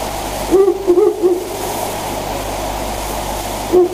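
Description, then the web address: Owl with a short run of low, slightly wavering hoots, then a fresh phrase starting near the end, beneath a continuous rushing noise. "birds fukurou"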